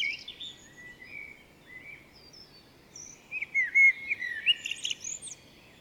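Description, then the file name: Blackbird song with soft warbling notes, then a louder fluted phrase with high twittering near the end, over steady low background noise. "Turdus merula"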